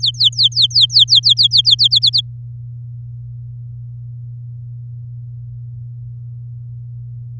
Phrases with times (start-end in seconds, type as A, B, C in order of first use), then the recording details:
0.00-1.75 A, 1.79-2.21 B. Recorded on 11 May 2018 at 05:35. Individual llb16